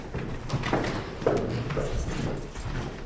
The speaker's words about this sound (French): Voilà, de nouveau une porte de fer. Voilà, oui.